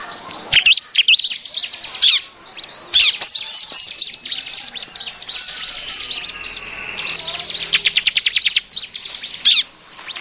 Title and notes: Kompilasi Suara Ciblek Prenjak Cocok Untuk Masteran. Kicau Burung Prenjak Ciblek